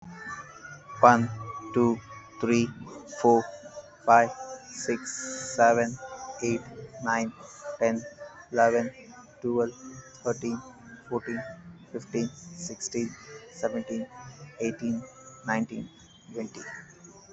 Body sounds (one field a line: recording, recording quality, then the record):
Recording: counting at a normal pace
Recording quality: excellent, no background noise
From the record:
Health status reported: healthy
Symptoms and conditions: none ticked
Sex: male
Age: 26 years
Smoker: not ticked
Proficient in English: yes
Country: India